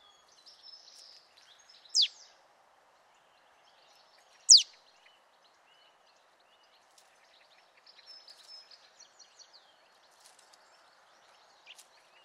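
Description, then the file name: Marsh tit calling: two single sharp, steeply falling high notes a few seconds apart, with soft twittering from other birds before and after. "Poecile palustris"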